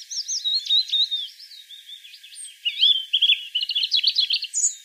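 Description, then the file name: European robin song of high, rambling, varied twitters and slurred whistles, becoming louder with a burst of fast trilled notes near the end. "Erithacus rubecula"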